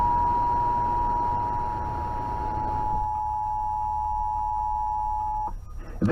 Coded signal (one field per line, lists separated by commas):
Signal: Emergency Alert System (SAME) tones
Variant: 853 and 960 Hz attention tone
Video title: Required Monthly Test on 670-AM WSCR (EAS #1,102) 5/1/18